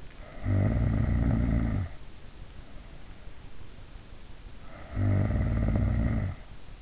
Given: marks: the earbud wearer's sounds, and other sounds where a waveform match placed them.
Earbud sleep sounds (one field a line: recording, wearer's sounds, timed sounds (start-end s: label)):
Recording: sounds in sleep by an in-ear microphone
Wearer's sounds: snoring breath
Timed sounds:
0.00-2.05 s: snoring breath
4.51-6.57 s: snoring breath